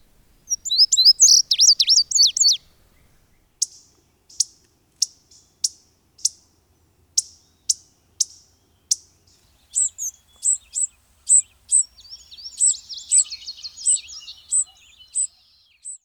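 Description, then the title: Bird chirps, a fast burst of high twittering notes, then sharp single high chips at a steady spacing, followed by more twittering and chattering. "BIrd Luar Ngri"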